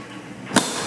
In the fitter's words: locks closed